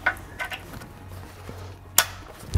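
A second coolant hose quick-connect is pushed onto its port on a CSF front mount heat exchanger being installed on an F80/F82/F87 M3/M2 Competition. After some faint handling knocks, a sharp click at 2.0 s marks the connector snapping home, and it is confirmed seated and secure.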